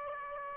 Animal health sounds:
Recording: mosquito wingbeat signal from an infrared sensor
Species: Aedes aegypti

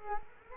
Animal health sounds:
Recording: mosquito wingbeat signal from an infrared sensor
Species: Culex quinquefasciatus

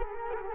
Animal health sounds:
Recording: mosquito wingbeat signal from an infrared sensor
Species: Culex quinquefasciatus

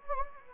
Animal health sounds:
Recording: mosquito wingbeat signal from an infrared sensor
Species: Anopheles gambiae

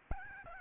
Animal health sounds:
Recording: mosquito wingbeat signal from an infrared sensor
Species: Aedes albopictus

